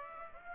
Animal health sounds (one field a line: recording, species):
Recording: mosquito wingbeat signal from an infrared sensor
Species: Aedes aegypti